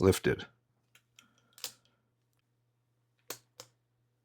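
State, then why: Seated. Someone talks briefly as a top or bottom panel on a die-cast and plastic cube-shaped Bandai Chogokin Rubik's Cube Robo transforming robot toy is lifted, with faint ticks and handling sounds from about 0.9 to 1.7 s. The panel moves into its new position and locks into the toy body with a crisp click at 3.3 s, followed by a softer tick at 3.6 s.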